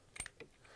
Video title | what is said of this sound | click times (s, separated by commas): Demo AudioWireless | and it'll click. So if it doesn't click, it's not in. | 0.2 s